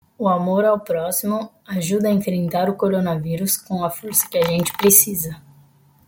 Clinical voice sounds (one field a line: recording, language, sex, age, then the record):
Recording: spoken sentence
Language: Brazilian Portuguese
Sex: female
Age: 20 to 29 years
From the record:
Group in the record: control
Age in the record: 22 years